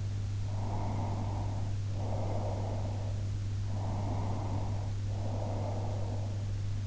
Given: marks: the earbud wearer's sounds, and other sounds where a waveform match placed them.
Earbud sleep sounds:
sounds in sleep by an in-ear microphone; breath
0.66-3.04 s: breath
3.79-6.38 s: breath

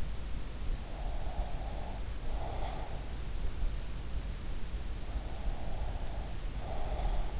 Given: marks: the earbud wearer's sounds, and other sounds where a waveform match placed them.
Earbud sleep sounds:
sounds in sleep by an in-ear microphone; breath
0.90-2.96 s: breath
5.09-7.40 s: breath

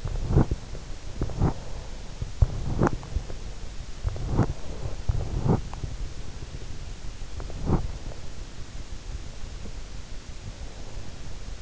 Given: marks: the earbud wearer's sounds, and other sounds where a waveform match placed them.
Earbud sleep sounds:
sounds in sleep by an in-ear microphone; teeth grinding, breath
0.00-3.29 s: teeth grinding
3.88-5.96 s: teeth grinding
7.37-8.33 s: teeth grinding
9.00-11.62 s: breath

